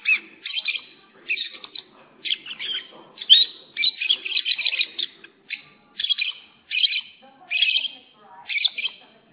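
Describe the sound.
Lovebird giving rhythmic bursts of shrill, scratchy chirps roughly every half second to second, each burst short and piercing.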